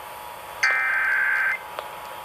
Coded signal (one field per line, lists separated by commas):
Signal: Emergency Alert System (SAME) tones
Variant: header bursts